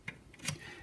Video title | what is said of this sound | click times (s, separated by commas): Powerhorse 3500 Watt Inverter Generator - Northern Tool | then it just kind of snaps back into place | 0.5 s